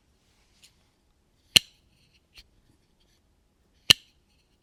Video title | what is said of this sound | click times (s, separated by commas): Prometheus Design Werks Invictus IBL. An absolute banger!! | I don't know if you can hear that Snapp and shot | 1.6 s, 3.9 s